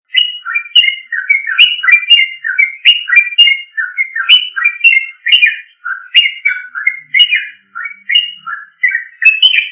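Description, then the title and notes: Bird song: a fast run of bright chirped and whistled notes in short repeated phrases. Indonesia. "Kicau Burung Indonesia"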